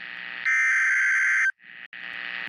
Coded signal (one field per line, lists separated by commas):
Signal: Emergency Alert System (SAME) tones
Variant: header bursts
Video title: Tornado Warning Louisiana Noaa Weather Radio Station WXK 80 Lafayette LA